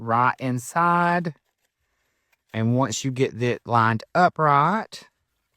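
Someone talks while lining up the interlocking tabs of a die-cut cardstock box bottom and handling the bottom tab toward the box base. Only faint, brief ticks come through the quiet pause at about 1.7 s and 2.3 s. The tab has not popped into place and nothing has seated yet.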